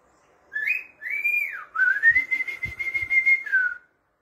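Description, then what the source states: Cockatiel whistling a short phrase: a rising note, a dipping slur, then a long steady whistle ending in a falling note, with faint clicks beneath. Cockatiels singing and whistling.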